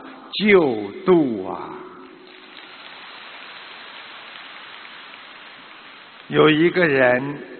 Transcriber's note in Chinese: 掌声